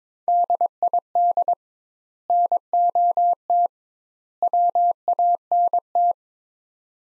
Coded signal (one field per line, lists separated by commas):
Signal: Morse code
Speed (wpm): 22 wpm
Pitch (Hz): 700 Hz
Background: none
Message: DID NOT WANT